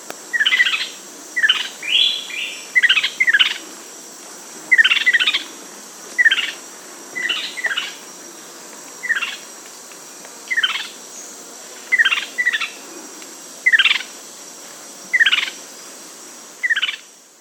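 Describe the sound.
Bird calls: short, downward-sweeping notes, often in pairs, repeated roughly every one and a half seconds over a steady high hiss.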